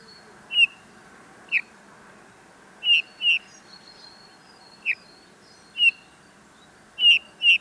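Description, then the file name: Eurasian bullfinch calls: short, soft whistled notes given singly or in close pairs at irregular intervals over a steady background hiss. "Pyrrhula pyrrhula"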